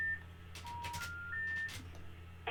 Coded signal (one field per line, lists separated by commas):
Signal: telephone call progress tone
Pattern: special information tone